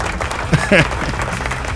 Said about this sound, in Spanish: Aplauso. ¿Dónde están los aplausos? Ahí están los aplausos. Como siempre, salen tarde porque están en RAF.